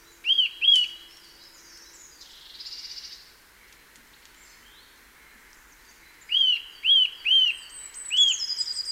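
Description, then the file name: Eurasian nuthatch with ringing arched call notes, a pair at first, then a run of three and one more, amid faint high twittering. "Sitta europaea"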